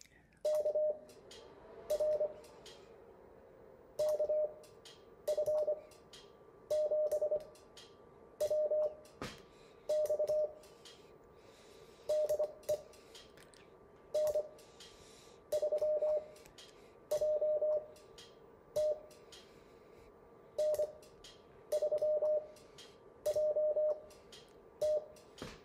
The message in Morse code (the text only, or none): KR KF7WX DE N3JT N3JT